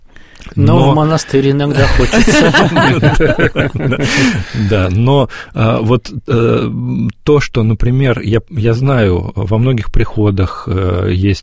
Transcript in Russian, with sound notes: Но в монастырь иногда хочется. (общий смех)
— Да, но вот то, что, например, я знаю, во многих приходах